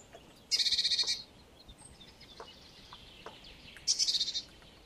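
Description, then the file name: Great tit scolding chatter, two quick pulsed bursts a few seconds apart, with faint background noise between them. "Parus major"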